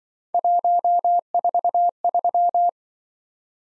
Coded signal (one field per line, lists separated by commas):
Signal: Morse code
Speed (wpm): 25 wpm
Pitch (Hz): 700 Hz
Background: none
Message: 143